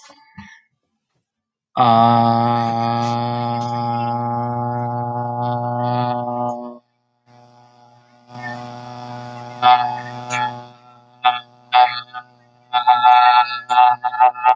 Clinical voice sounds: vowel held as long as possible; male; 20 to 29 years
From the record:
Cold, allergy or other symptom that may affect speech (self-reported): no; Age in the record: 28 years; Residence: New York, United States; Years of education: 12

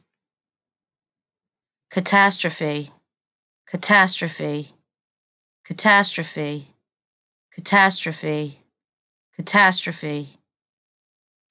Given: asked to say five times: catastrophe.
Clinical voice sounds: repeated word; female; 30 to 39 years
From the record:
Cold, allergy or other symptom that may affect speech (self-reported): no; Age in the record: 38 years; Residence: United States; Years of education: 12

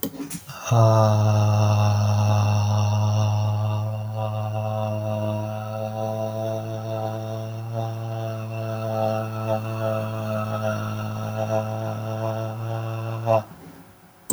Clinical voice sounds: vowel held as long as possible; male; 30 to 39 years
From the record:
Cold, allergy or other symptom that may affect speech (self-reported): no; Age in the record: 31 years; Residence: Illinois, United States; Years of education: 16

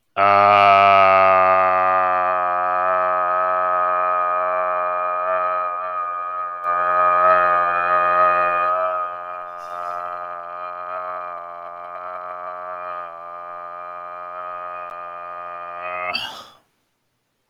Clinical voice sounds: vowel held as long as possible; male; 20 to 29 years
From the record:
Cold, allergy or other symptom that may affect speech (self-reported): no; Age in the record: 27 years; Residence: Florida, United States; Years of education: 16

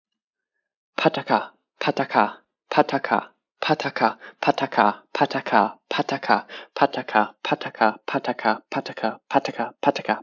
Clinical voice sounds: repeated syllables /pa ta ka/; male; 20 to 29 years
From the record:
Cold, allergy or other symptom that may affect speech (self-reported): no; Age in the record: 29 years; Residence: Virginia, United States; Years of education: 18

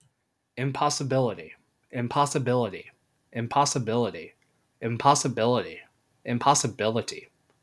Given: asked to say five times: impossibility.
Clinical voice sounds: repeated word; male; 20 to 29 years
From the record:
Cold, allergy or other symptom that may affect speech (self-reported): no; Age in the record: 22 years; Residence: Missouri, United States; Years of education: 12

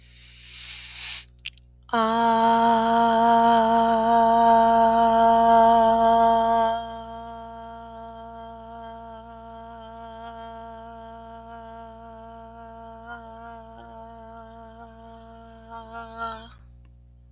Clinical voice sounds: vowel held as long as possible; female; 30 to 39 years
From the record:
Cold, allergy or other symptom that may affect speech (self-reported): no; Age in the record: 31 years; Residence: North Carolina, United States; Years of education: 17

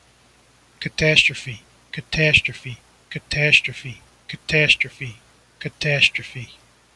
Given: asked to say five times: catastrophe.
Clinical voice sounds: repeated word; male; 40 to 49 years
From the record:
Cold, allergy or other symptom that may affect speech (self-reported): no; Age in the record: 47 years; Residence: Illinois, United States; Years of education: 16

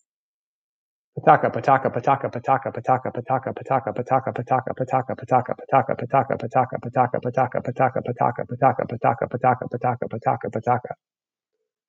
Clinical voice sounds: repeated syllables /pa ta ka/; male; 40 to 49 years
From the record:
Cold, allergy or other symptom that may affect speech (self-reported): no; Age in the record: 40 years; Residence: United States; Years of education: 16

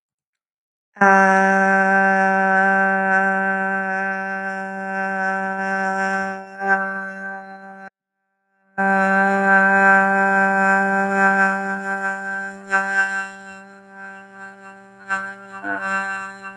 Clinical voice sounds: vowel held as long as possible; female; 30 to 39 years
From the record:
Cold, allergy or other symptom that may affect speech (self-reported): no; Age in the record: 31 years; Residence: Alabama, United States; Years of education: 12

